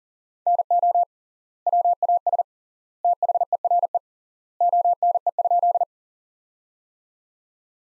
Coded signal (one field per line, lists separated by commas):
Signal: Morse code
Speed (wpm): 40 wpm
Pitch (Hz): 700 Hz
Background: none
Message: NO WAS THERE ONE?